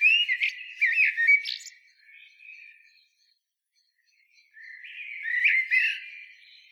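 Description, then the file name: Common blackbird song with looping whistled notes and squeaky high flourishes, a quiet gap, then another bright warbled phrase. "Turdus merula"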